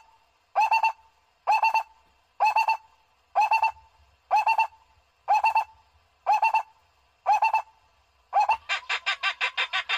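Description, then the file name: Barbet call: hollow, mid-pitched notes, each a quick cluster of about four pulses, repeated roughly once a second, ending with a faster, higher rattling series. "tieng cu roc bung nau"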